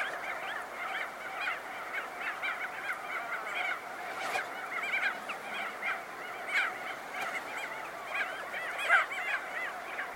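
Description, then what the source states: A crested auklet colony chorus of overlapping nasal honks keeps going without pause. Occasional louder calls rise above it. Close-up recording.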